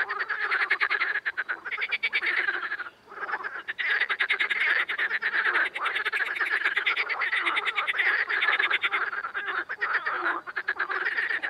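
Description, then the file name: Amphibians croaking in a thick overlapping chorus of quick, trilled pulses, with one brief lull early on before the calling resumes. Ambience. "AMBAmphibiens"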